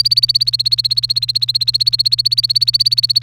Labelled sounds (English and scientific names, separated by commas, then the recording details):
Domestic Canary (Serinus canaria) song
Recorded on 1 May 2018 at 13:23
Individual llb3